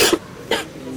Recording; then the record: coughing mixed with background sound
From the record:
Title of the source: 55 gaggy wet cough